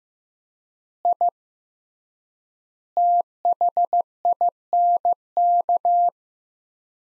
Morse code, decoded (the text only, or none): I THINK